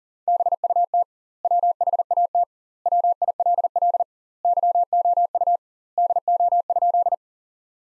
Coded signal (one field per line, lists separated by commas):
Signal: Morse code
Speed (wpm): 40 wpm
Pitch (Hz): 700 Hz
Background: none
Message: BUT WHAT WILL YOU DO?